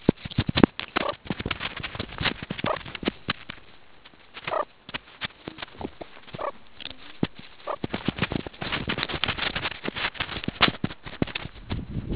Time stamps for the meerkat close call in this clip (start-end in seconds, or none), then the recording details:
0.99-1.14, 2.64-2.80, 4.47-4.66, 6.36-6.53, 7.64-7.78. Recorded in the Kuruman River Reserve, South Africa. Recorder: an audio tag on a meerkat's collar